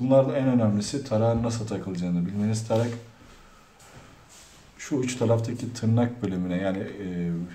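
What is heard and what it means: A plastic guide comb is lined up on the blade head of an Ipone IP 1013 rechargeable hair and beard clipper and fitted into the slot with tabs on three sides, ready to be pushed home. Someone talks, with a quieter pause from about 3.2 to 4.8 seconds. The comb has not clicked or seated yet.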